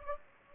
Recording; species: mosquito wingbeat signal from an infrared sensor; Anopheles gambiae